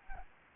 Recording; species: mosquito wingbeat signal from an infrared sensor; Anopheles gambiae